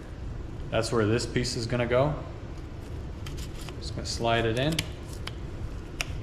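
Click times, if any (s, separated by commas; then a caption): 6.0 s. A replacement piece is slid into an open hole on a piece of lawn equipment and pushed home while someone talks. A few faint taps and scrapes are followed by a sharp snap at 6.0 s as the piece clicks into place and seats.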